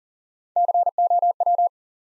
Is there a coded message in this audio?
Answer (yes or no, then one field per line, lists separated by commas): yes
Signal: Morse code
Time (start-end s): 0.6-1.7 s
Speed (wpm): 40 wpm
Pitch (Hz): 700 Hz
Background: none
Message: COW